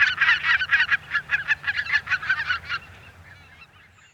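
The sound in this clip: Greater white-fronted goose calls, a quick run of many high, yelping honks for under three seconds, then fading into quiet.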